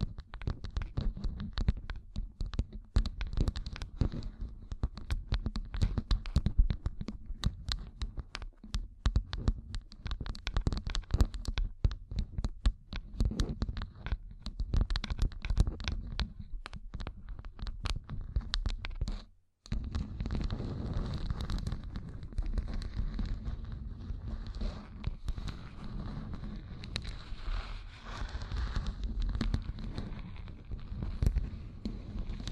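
Gem-covered fingertips tap and scratch in a dense, rapid patter of sharp clicks over a steady low rumble. The first half is busy with crisp, irregular taps; after a brief silence near nineteen seconds, the sound turns to softer, continuous scratching with fewer distinct clicks.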